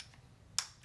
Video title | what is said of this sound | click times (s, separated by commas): Best New Fragrances 2025 - January Haul & Must-Try Scents! | Clicks in the place Hefty click too so we're going to put that down | 0.6 s